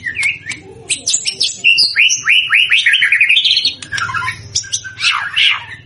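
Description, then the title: White-rumped shama song with a run of rising slurred whistles, then harsher chattering notes over a low hum. White-rumped shama described as gacor, a bird in full, continuous song; meant to make birds respond. "PANCINGAN MURAI BATU GACOR, LANGSUNG RESPON"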